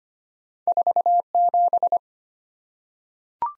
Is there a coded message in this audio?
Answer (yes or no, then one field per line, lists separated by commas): yes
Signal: Morse code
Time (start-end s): 0.7-2.0 s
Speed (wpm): 25 wpm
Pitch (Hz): 700 Hz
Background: none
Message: 47